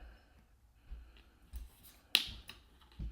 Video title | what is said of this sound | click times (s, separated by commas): EVBASE Roof Rack vs Tesla OEM: Which Should You Buy? Model Y Juniper | So when that gets locked into place, | 2.2 s